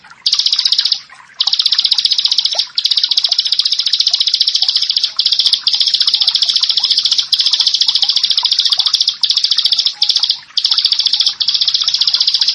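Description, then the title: Bar-winged prinia song: an extended stream of fast, insistent buzzy notes in long runs broken by brief gaps. "Ciblek Sawah 1"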